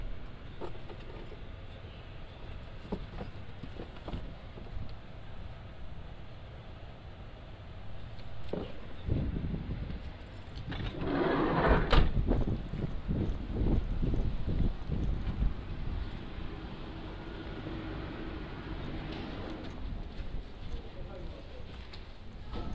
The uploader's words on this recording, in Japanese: 環境音 直売所へ店出し。直売所へクルマで向かう。